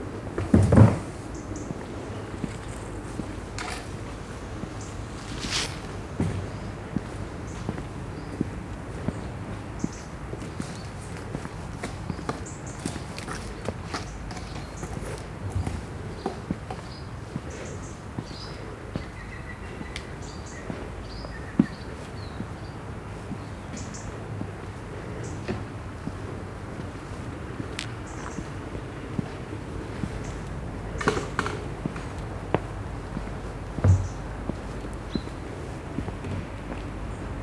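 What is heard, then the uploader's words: Quiet ambience at a castle near Meran, with a steady low rumble, scattered knocks and footstep-like clicks, and faint sounds. Immersive Binaural 3D Audio: Sounds of Castel Fragsburg - Meran, Italien.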